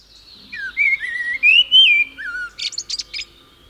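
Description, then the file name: Common blackbird song: a short phrase of rich, mellow whistled notes sliding up and down, followed by a burst of high, scratchy twittering. "Common Blackbird (Turdus merula)"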